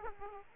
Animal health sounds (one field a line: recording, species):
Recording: mosquito wingbeat signal from an infrared sensor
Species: Aedes aegypti